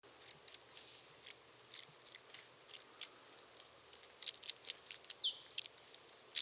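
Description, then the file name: Marsh tit calling with brief high tsee notes and one louder downslurred note near the end. "Poecile palustris"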